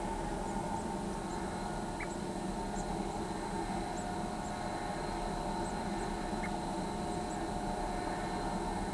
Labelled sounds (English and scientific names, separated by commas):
Tropical Kingbird (Tyrannus melancholicus)